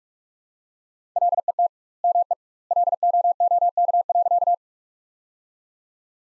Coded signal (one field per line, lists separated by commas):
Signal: Morse code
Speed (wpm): 44 wpm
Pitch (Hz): 700 Hz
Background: none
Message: LET ME LOOK.